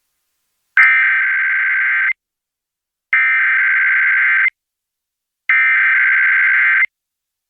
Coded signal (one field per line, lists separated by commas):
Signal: Emergency Alert System (SAME) tones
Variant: header bursts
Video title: Portland Required Monthly Test of EAS on 100.3 FM (May 5th 2023 & 10:15 AM PST)